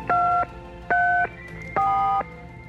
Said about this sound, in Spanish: Toma el teléfono, anda. Toma. Estoy marcando. Venga, marca.